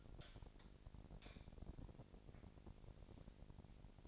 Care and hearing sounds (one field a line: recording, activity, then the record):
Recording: daily activity, microphone in the room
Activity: light on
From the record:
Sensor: 5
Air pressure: 1012.0 hPa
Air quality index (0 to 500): 247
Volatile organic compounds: 5 ppm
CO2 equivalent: 1708 ppm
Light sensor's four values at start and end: 40/92/38/40 and 40/97/40/42